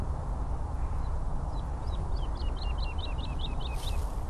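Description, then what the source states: Woodlark song: soft notes accelerating into a rhythmic series of looping, fluty slurs, against a low constant traffic drone. Woodlark singing from the top of a tree on Chobham Common, Surrey, a heathland surrounded by the M3, the M25 and a busy railway line; spring, recorded before Coronavirus lockdowns.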